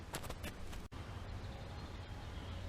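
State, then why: Not seated. A new passenger-side CV axle for a 2004 Honda Element, with a splined steel shaft, is slid into the transmission differential and lined up, only halfway locked in and to be tapped home afterwards. A few short scraping and handling noises sound in the first half-second over steady low background rumble, and there is a brief drop in level near 0.9 s. The axle has not seated or clicked yet.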